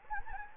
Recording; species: mosquito wingbeat signal from an infrared sensor; Anopheles gambiae